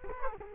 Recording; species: mosquito wingbeat signal from an infrared sensor; Culex quinquefasciatus